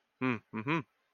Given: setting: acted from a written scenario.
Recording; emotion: vocal sound without words; neutral